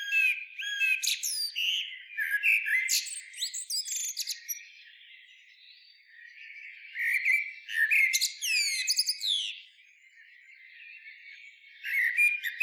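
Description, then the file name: Common blackbird song: bursts of fluty warbling and squeaky high twitters, a long quiet pause midway, then more twittering phrases returning toward the close. "Turdus merula"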